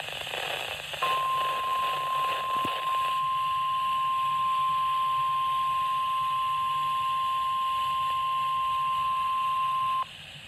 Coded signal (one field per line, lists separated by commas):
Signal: Emergency Alert System (SAME) tones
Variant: 1050 Hz attention tone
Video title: Required Weekly Test | EAS #158